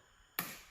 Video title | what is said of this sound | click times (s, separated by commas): Unity Performance Side Marker Lights - Install | hear that first click. There you go. | 0.4 s